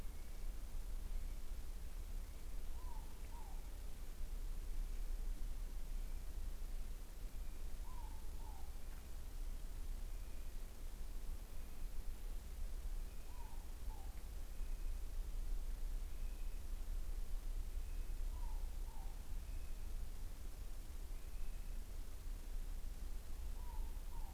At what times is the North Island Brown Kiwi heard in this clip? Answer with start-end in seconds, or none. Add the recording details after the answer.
0.00-21.93. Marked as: faintness 5/5. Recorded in New Zealand on 20 November 2014. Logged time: 21:29. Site CL78